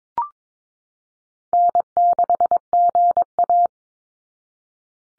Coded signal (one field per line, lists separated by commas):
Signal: Morse code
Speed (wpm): 22 wpm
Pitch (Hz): 700 Hz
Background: none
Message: N6GA